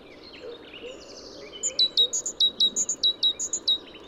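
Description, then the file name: Great tit repeating a bright two-note phrase, high then lower, roughly a dozen times in steady rhythm, following some softer chattering from another bird. "Parus major"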